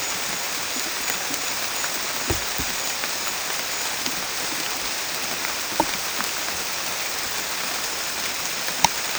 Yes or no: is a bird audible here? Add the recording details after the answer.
no. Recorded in dense forest near Puerto Asís, Putumayo, Colombia, on 22 December 2024 at 19:30. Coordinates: 0.484, -76.325. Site G056